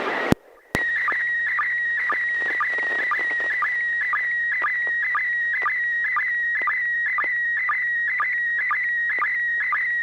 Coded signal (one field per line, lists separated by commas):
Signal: SSTV (slow-scan television)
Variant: PD 120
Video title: N6NA SSTV Net - 05/26/2021